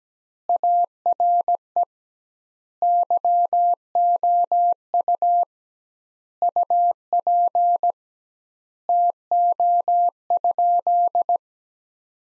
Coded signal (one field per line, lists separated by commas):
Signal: Morse code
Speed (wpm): 17 wpm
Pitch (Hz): 700 Hz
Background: none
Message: ARE YOU UP TO?